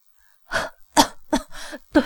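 A woman coughs in a run of about five harsh, breathy bursts, fairly loud, with short uneven pauses between them and no speech.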